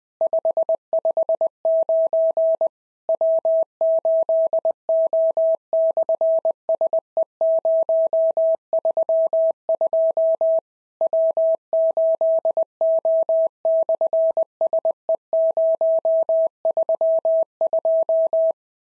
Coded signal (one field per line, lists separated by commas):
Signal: Morse code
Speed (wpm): 20 wpm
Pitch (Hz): 650 Hz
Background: none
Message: 559 W8O/SE032 W8O/SE032